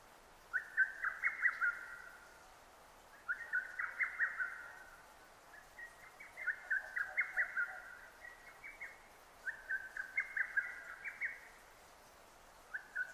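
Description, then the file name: Lesser cuckoo repeating a hurried, stuttering song phrase of several notes roughly every three seconds, several phrases in a row. 6 June 2009. "hototogisu-20090606"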